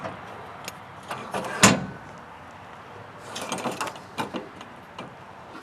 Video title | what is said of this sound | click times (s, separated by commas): Buyers 3,500 lb 12 volt Electric Trailer Jack, Review and How to Install | pops right in there | 1.6 s